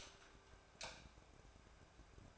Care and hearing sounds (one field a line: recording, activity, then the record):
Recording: daily activity, microphone in the room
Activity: light off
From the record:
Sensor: 2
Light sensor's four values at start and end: 44/110/49/54 and 41/98/44/49